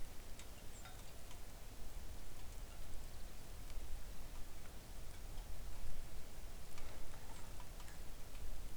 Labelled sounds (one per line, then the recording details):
songbird
rain
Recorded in the Arctic National Wildlife Refuge, Alaska, on 3 August 2019 at 06:00
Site 41